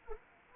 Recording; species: mosquito wingbeat signal from an infrared sensor; Anopheles arabiensis